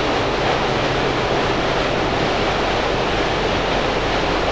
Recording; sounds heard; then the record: poultry house recording; no chicken sound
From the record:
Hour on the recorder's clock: 8